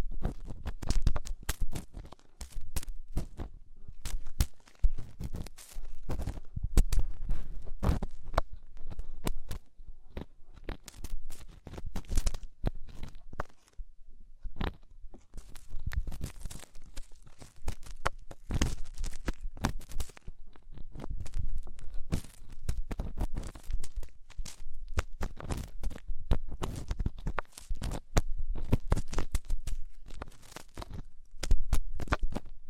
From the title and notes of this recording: ASMR INTENSE Deep Ear Cleaning (No Talking).